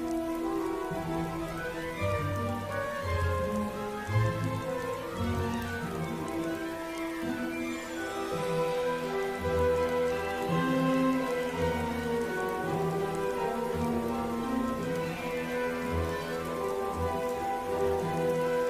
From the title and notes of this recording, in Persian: هاگواترز در شب بارانی. پادکستی که میشنوید به کمک "باینورال بیت" تهیه شده (بیت هایی که به صورت دو ضربه با فرکانسهای متفاوت شنیده میشوند).